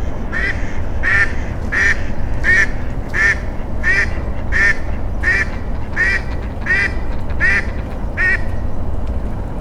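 Duck giving a regular series of harsh nasal quacks over steady low background noise.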